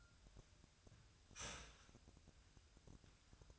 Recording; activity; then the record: daily activity, microphone in the room; start toaster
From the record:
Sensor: 2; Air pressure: 1001.9 hPa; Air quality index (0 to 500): 245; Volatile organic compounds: 36 ppm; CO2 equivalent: 3087 ppm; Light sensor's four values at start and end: 9/30/12/11 and 9/30/12/11